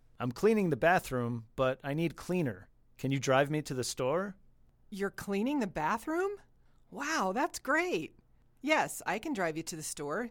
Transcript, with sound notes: I’m cleaning the bathroom but I need cleaner. Can you drive me to the store?
You’re cleaning the bathroom? (surprised) Wow, that’s great! Yes, I can drive you to the store.